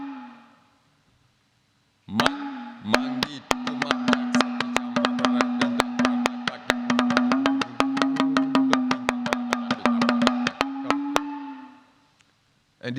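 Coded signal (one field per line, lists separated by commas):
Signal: talking drum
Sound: quick irregular sharp wooden drum strokes, about forty, over a steady low hum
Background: low droning hum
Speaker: instrument called talking drum and the talking drum can speak and the talking drum can talk in the ancestral way before electricity doesn't exist and we do able to create a drum and the drum can able to communicate enter village and I can able and this is what we call the talking drum and the talking drum what's does is to connect and to communicate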